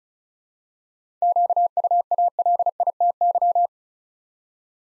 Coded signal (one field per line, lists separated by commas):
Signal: Morse code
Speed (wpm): 36 wpm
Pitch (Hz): 700 Hz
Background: none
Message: QUALITY